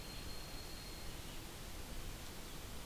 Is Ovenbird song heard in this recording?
no